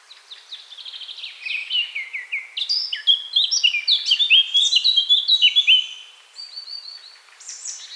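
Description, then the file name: Eurasian blackcap song, a fast, varied warble of high chattering and whistled notes that grows louder midway, then fades into a few thin phrases. "Sylvia atricapilla"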